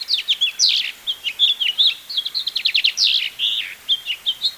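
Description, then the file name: House finch singing a fast jumble of twittering notes, sharp chirps and downslurred warbles. "House Finch Haemorhous mexicanus Marvin"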